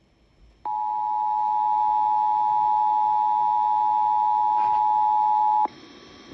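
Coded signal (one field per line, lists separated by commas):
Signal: Emergency Alert System (SAME) tones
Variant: 853 and 960 Hz attention tone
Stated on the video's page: KDKA Required Weekly Test, with a relay via WAHC.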